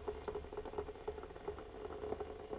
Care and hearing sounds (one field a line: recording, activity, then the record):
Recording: daily activity, microphone in the room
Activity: make coffee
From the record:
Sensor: 4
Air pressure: 1010.2 hPa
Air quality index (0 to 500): 180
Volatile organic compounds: 5 ppm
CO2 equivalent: 1826 ppm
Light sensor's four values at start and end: 28/84/33/32 and 28/84/33/32